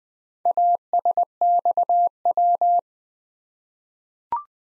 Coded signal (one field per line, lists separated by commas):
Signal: Morse code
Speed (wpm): 20 wpm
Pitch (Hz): 700 Hz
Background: none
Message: ASXW